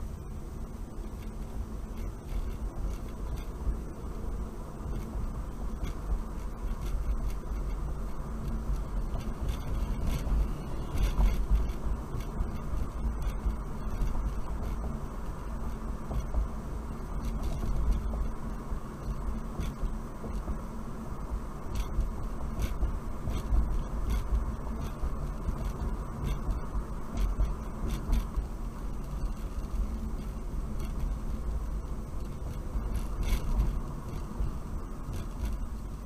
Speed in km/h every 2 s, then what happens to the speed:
23, 29, 34, 35, 39, 40, 44, 44, 44, 44, 44, 44, 44, 42, 40, 39, 35, 32.
0-12 speeds up to 44. 12-25 steady at about 44. 25-36 slows to 32.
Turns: none.